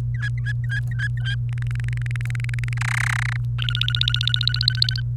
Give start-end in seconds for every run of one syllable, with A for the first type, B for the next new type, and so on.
0.14-1.35 A, 1.49-2.73 B, 2.77-3.36 C, 3.58-5.01 D